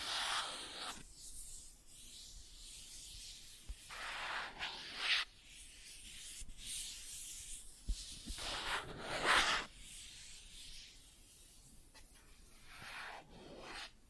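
Plastic objects scratching and rubbing in uneven strokes, each a bright, hissy scrape lasting about a second, at roughly 0, 4, 6.5, 9, 12 and 13 seconds. Between strokes, faint low rustling and small taps fill the quiet gaps.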